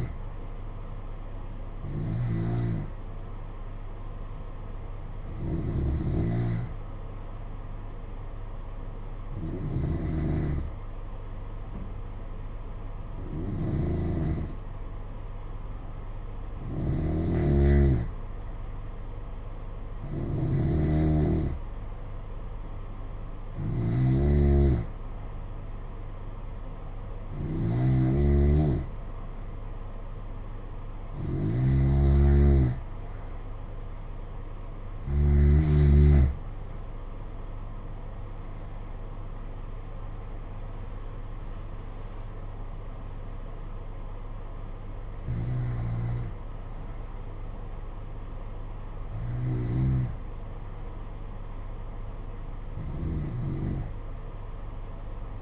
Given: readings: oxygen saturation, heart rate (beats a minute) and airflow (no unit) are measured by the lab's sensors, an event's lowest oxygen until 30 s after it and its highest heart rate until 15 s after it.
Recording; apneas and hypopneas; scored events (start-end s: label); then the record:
breathing in sleep by a smartphone at the bedside; 1
5.00-22.40 s: hypopnea (N2, oxygen 92% highest, then 89% lowest, heart rate 59 at the start, 63 highest)
From the record:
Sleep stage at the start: N2 (light sleep); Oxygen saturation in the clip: 89 to 92%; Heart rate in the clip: 52 to 63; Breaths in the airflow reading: 15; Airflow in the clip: -8.0 to 7.1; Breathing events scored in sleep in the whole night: 476 in 9.7 hours asleep